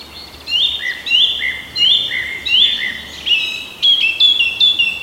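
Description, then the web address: Song thrush delivering a sliding whistled phrase several times in a row, then moving on to sharper, higher repeated notes. "oeko hecke vogel sounds turdus philomelos"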